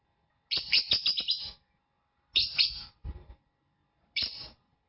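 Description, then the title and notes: Lovebird song in a few short bursts of rapid, scratchy high chirps separated by silence. Lovebird's chirping song (kicau), a champion bird. "Love Brid Juara. Kicau Lovebird"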